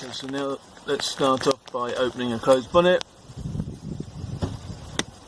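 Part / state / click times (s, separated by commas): bonnet latch releasing the car bonnet to its safety-catch position / released / 5.0 s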